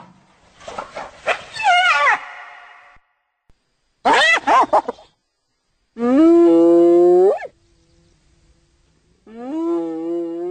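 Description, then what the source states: Hyena vocalizations: chattering giggle bursts with falling notes, then long harmonic whooping cries rising at the start and sustained. Played back as an example of hyena sounds.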